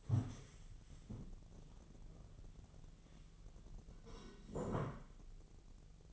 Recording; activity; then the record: daily activity, microphone in the room; stand up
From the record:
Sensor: 4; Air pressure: 1001.3 hPa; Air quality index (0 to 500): 181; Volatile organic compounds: 2 ppm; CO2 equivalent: 1295 ppm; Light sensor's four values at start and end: 14/32/13/13 and 14/32/13/13